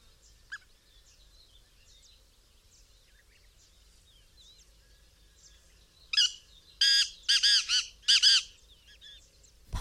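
Black francolin calling a loud, scratchy phrase of five or six clipped notes near the end, after a long stretch of faint chirps; a thump closes it.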